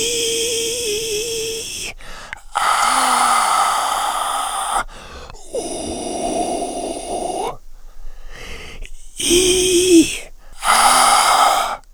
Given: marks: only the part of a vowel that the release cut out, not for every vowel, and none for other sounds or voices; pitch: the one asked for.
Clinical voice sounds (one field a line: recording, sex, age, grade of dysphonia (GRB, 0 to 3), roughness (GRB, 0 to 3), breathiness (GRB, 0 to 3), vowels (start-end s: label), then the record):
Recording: sustained vowels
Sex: male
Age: 60 to 69 years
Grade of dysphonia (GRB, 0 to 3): 3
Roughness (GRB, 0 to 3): 3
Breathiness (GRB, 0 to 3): 3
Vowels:
0.00-1.57 s: vowel /i/, normal pitch
3.41-4.67 s: vowel /a/, normal pitch
5.71-7.37 s: vowel /u/, normal pitch
9.28-9.89 s: vowel /i/, high pitch
10.94-11.60 s: vowel /a/, high pitch
From the record:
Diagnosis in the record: frontolateral partial laryngectomy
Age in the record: 65 years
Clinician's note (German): Zustand danach, mit supraglottischer Kompensation, kleine Granulome an den Stimmlippen und supraglottal